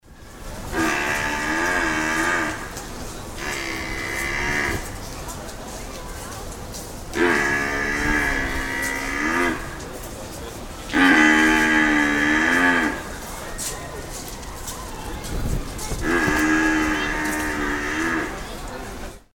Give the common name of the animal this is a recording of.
Domesticated Cattle